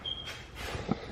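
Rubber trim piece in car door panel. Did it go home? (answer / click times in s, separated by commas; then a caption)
no / none. A rubber trim piece on the passenger front door panel of a BMW E70 X5 is handled while the door panel is being removed. Soft rustling and low handling bumps are heard, with a slightly louder knock near 0.9 seconds. The rubber piece has not clicked back into its seat yet.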